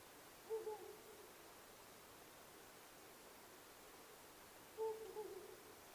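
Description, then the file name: Owl giving two short low hoot phrases roughly four seconds apart, each a strong first note then softer broken notes, against a fairly noisy hiss. Recorded 9 May 2009 at 19:10. "fukurou 20090509 1910"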